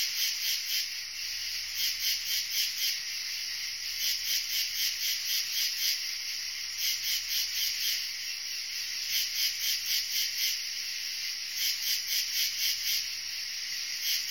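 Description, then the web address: Insect sound: rasping, high buzzy pulses repeating rapidly in groups, with a constant hissing drone underneath. "animali insetti insetti insect"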